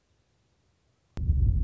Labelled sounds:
Western Meadowlark (Sturnella neglecta)
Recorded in Sonoma County, California

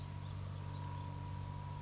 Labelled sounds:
Anna's Hummingbird (Calypte anna)
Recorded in Sonoma County, California

